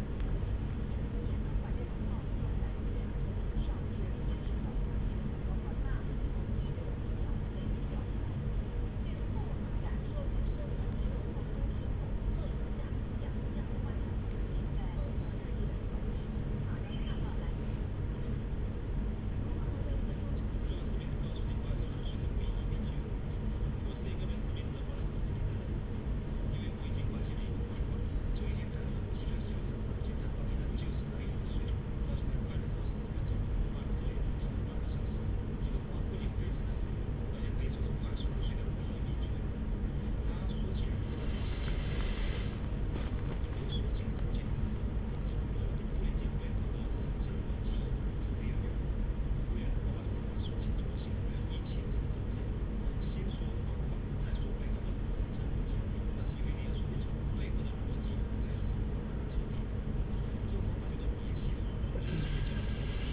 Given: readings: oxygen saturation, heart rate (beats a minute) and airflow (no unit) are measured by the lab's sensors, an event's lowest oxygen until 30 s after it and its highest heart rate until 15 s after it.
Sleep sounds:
a person awake in a sleep study, by a smartphone at the bedside; none
0.00-63.13 s: awake
From the record:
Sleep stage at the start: awake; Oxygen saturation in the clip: 94 to 96%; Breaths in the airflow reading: 14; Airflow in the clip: -7.8 to 13.0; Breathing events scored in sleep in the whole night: 335 in 6.7 hours asleep

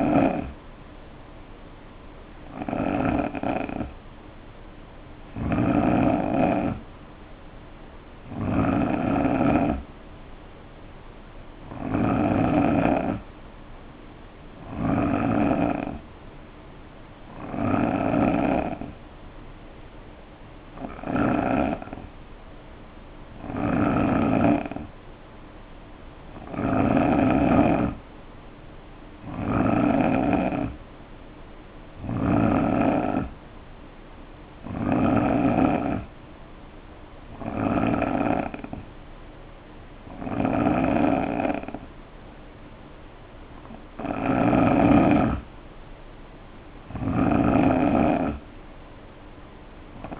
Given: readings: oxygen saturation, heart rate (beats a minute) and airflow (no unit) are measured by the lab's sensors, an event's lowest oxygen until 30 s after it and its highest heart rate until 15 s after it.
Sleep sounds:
breathing in sleep by a voice recorder at the bedside; none
24.00-50.20 s: new sleep stage, N2 (light sleep)
From the record:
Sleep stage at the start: N3 (deep sleep); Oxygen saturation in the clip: 88 to 90%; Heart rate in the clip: 59 to 68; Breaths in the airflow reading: 17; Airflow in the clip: -4.9 to 2.6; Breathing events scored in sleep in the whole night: 520 in 7.2 hours asleep

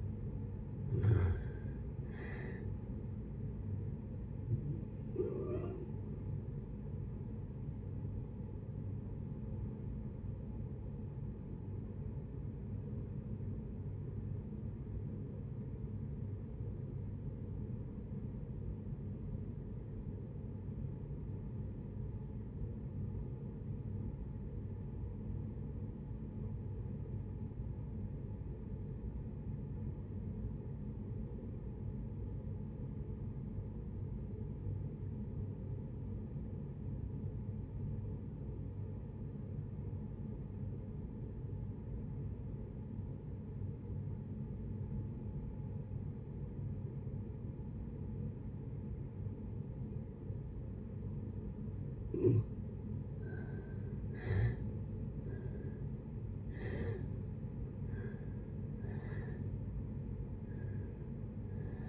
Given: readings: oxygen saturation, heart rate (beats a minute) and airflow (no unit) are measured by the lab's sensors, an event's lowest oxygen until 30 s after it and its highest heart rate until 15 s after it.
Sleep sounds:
breathing in sleep by a smartphone at the bedside; 1
4.00-61.88 s: new sleep stage, REM sleep
11.00-53.40 s: obstructive apnea (REM, oxygen 95% highest, then 61% lowest, heart rate 64 at the start, 82 highest)
From the record:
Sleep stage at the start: N1 (lightest sleep); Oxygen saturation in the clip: 66 to 95%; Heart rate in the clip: 53 to 81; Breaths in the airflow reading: 8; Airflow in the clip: -7.8 to 7.6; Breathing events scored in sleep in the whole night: 496 in 5.4 hours asleep

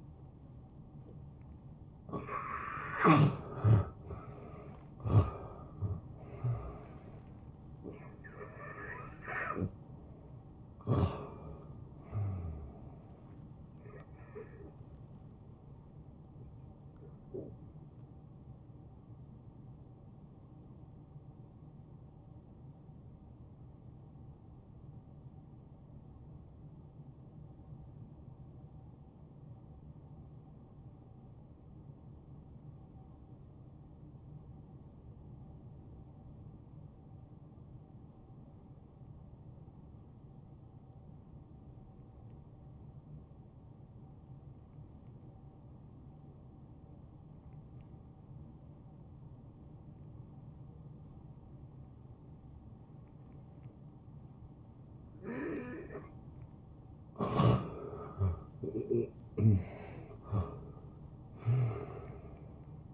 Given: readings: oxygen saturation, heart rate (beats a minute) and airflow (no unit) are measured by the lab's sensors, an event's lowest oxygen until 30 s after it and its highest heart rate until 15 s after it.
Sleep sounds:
breathing in sleep by a smartphone at the bedside; 1
3.00-33.00 s: new sleep stage, N1 (lightest sleep)
19.00-55.70 s: hypopnea (N1, oxygen 93% highest, then 84% lowest, heart rate 75 at the start, 76 highest)
33.00-62.94 s: new sleep stage, N2 (light sleep)
From the record:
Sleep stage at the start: N2 (light sleep); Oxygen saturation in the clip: 82 to 93%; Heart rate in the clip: 57 to 78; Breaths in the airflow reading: 12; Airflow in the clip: -13.9 to 6.8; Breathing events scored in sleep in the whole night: 263 in 5.5 hours asleep

